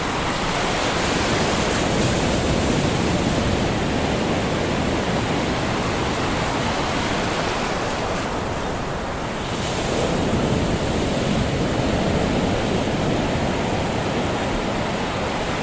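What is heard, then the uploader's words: Ocean waves roll against a beach in a dense, steady wash of surf that fills the lows and the hiss above. Around eight to ten seconds the roar eases slightly and thins at the top, then swells back as another wave breaks. Rolling Ocean Waves. The sound of Atlantic ocean waves rolling against a hot summer beach.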